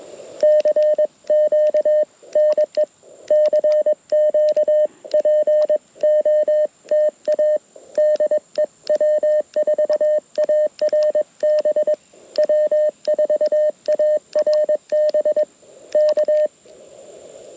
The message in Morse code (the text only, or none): CQ NE CQ POTA DE W4ARB W4ARB K